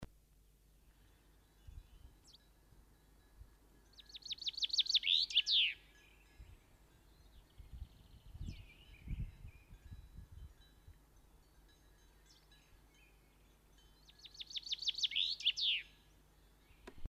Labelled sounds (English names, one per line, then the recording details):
Common Chaffinch song
Great Tit
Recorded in the wild
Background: Parus major
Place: Garmisch-Partenkirchen, Bayern, DE
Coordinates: 47.4856, 11.1464
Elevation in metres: 936
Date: 1973-04-27
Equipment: Nagra IV
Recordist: Tretzel, Erwin
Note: Pfeiffer-Alm, am Waldrand, Garmisch-Partenkirchen: Gesang